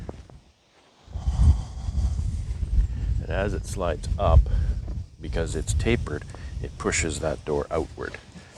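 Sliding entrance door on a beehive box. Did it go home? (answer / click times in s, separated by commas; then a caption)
no / none. A sliding entrance door on a beehive box is handled as someone talks. The door is pushed upward, and its tapered piece pushes it outward, with low rumbling handling noise under the voice. Nothing has seated or snapped into place yet.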